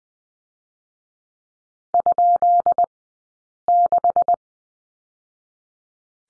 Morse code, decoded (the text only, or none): ?6